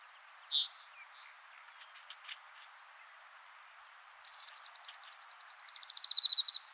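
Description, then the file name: Eurasian blue tit call, a quick descending trill of many clear high notes lasting two seconds, preceded by a few scattered soft chips and clicks. "Cyanistes caeruleus"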